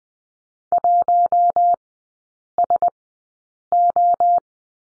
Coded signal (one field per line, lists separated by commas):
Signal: Morse code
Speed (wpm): 20 wpm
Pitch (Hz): 700 Hz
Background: none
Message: 1SO